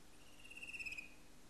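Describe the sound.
Fan-tailed cuckoo giving one brief, high, quavering trill, faint against steady low background noise.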